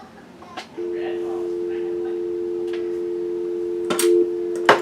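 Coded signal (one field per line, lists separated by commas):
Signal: telephone call progress tone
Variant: North America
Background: speech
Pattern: dial tone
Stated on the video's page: Heard on a rebuilt 1940 Western Electric 302 metal-cover telephone, working as originally made, placing a call to an operator.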